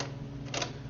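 A plastic choke knob, its arrow pointing left, is pushed onto the choke shaft of a snow blower against a steady low hum. A single sharp tick sounds at 0.6 s as the knob snaps on and seats.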